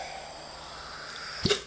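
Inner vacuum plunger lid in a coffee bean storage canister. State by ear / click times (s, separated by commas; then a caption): released / 1.5 s. After the handle is lifted, the inner vacuum plunger lid of an Airscape coffee bean storage canister is pulled out and comes free with a sharp, audible pop at 1.5 s. A quiet steady background precedes it, and the pop has a short follow-on burst before fading. The lid that seals the beans airtight to keep them fresh is released.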